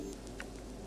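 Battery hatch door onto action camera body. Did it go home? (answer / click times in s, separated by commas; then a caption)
no / none. A small plastic battery hatch door is moved back into place on a GoPro MAX 360 action camera body, giving only faint taps at about 0.1, 0.3 and 0.4 seconds over a steady low hum. The attempt fails: the hatch door does not snap back on, and nothing has seated or clicked yet.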